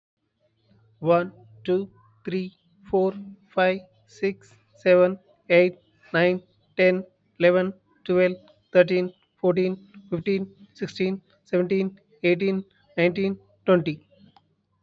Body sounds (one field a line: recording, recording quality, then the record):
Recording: counting at a normal pace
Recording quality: excellent, no background noise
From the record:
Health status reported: healthy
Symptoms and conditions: none ticked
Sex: male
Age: 39 years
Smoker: not ticked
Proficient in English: yes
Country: India